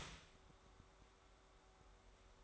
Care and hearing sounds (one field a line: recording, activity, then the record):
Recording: daily activity, microphone in the room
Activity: start toaster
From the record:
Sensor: 3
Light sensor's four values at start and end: 4/10/4/4 and 4/11/4/4